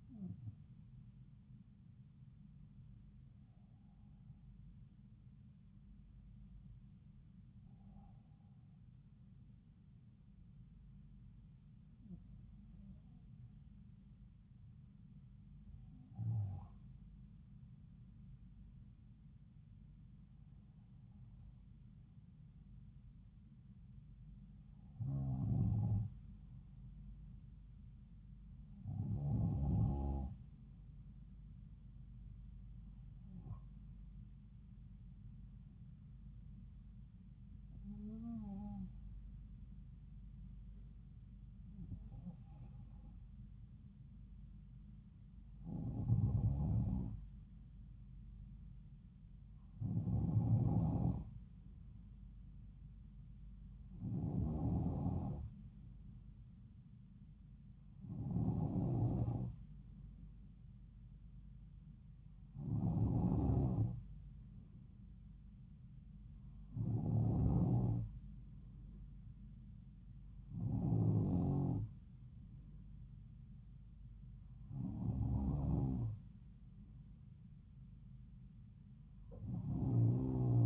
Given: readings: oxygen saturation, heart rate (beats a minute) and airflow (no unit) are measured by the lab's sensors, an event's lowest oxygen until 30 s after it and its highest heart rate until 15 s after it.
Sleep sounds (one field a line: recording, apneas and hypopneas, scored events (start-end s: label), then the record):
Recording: breathing in sleep by a smartphone at the bedside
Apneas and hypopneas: none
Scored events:
46.00-80.66 s: new sleep stage, N2 (light sleep)
From the record:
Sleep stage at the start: N1 (lightest sleep)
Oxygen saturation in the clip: 92 to 94%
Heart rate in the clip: 69 to 76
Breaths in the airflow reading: 19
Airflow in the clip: -3.8 to 4.0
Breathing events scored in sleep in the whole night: 270 in 6.1 hours asleep